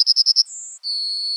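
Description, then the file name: Yellowhammer song ending: a few fast high chips, then a long thin note followed by a lower drawn-out note. "emberiza citrinella"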